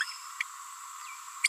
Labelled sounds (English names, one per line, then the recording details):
Green-rumped Parrotlet babbling
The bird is a female
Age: 29 days
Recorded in a nest box in Venezuela
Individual 17B42A4